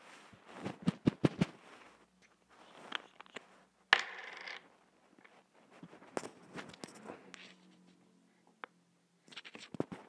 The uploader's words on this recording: Making slime /fixing slime.